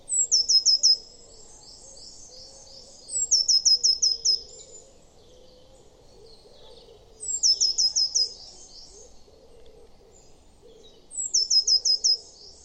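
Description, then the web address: Eurasian blue tit repeating short, rapid high-pitched trill bursts every few seconds, with soft twittering and a low background hum between them. "cianscape. Deverinetal"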